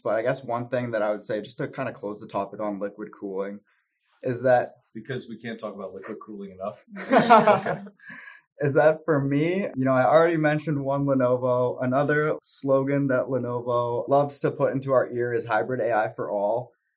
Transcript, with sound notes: But I guess one thing that I would say, just to kind of close the topic on liquid cooling, is that-
Because we can’t talk about liquid cooling enough.
*laughs* Is that for me, I already mentioned One Lenovo. Another slogan that Lenovo loves to put into our ear is Hybrid AI for All.